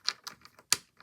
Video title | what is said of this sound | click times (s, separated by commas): Beyblade X Unboxing: Courage Dran Slash 6-60 Vortex | You click it in clockwise like that and it should lock. | 0.7 s